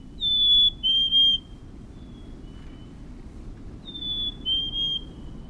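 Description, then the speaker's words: Black-capped chickadee song, a clear whistled two-note phrase with the second note lower, given twice about three and a half seconds apart over quiet low background noise. "Even in the ruthless grip of winter, when the snow crunches beneath your boots, an ember glows in the lilt of a black-capped chickadee."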